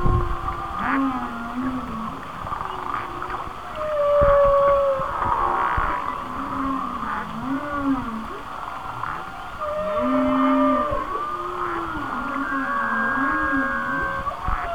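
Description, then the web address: Whale song built from repeated wavy low moans that rise and fall in phrases every few seconds, with steady higher tonal notes held between them. "Whale Songs Whale Songs- Mike Mc Donald"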